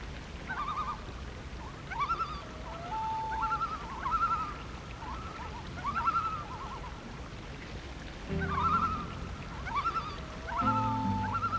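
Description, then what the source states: Loon tremolo, fast wavering notes in repeated bursts, with brief low musical chords entering near the end. Loon calls mixed with music.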